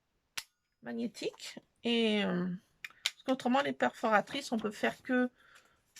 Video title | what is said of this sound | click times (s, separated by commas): petit haul action & noz et mes créas | Ça se présente comme ça et ça se clipse magnétique. | 0.4 s